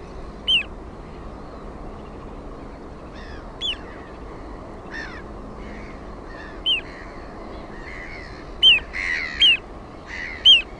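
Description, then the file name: Little ringed plover calls: short, clear, down-slurred whistles given singly at irregular gaps, with softer bird notes in between and a steady low background hiss. "PIKKUTYLLI"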